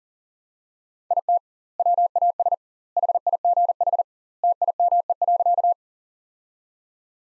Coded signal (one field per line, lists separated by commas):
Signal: Morse code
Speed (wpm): 40 wpm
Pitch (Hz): 700 Hz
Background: none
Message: IT WAS HIGH TIME.